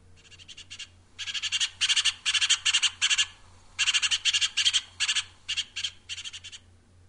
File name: Juniper Titmouse